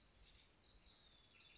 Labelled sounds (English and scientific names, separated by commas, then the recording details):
House Wren (Troglodytes aedon)
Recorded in Sonoma County, California